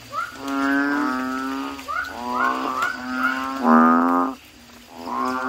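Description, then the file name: Asian common toad calling almost continuously: long, drawn-out, humming moans following one another, then a brief pause near the end. "suara kodok bangkong"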